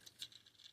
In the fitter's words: and if you hear there's a little click